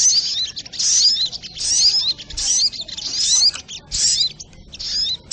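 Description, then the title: Little Spiderhunter: high, scratchy chirping phrases from a Little Spiderhunter, delivered in quick succession with short pauses, slightly hissy background. Training recording (masteran) of the sogok ontong's song, labelled 'labaik'. "Masteran Burung Sogok Ontong Labaik"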